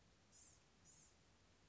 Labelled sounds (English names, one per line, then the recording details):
Blue-gray Gnatcatcher
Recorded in Sonoma County, California